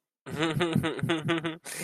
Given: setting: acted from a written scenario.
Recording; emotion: vocal sound without words; embarrassment